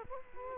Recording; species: mosquito wingbeat signal from an infrared sensor; Culex quinquefasciatus